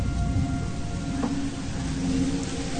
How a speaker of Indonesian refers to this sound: Namun, sore itu hujan turun cukup deras.